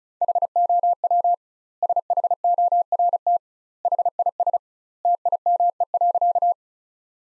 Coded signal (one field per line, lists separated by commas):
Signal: Morse code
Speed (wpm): 34 wpm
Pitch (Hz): 700 Hz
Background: none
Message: HOW SHORT HIS TIME.